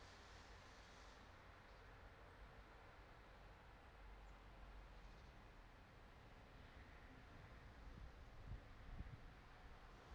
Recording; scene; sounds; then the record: everyday scene through a hearing-aid microphone; in traffic; traffic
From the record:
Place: city secondary road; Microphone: in the ear canal, right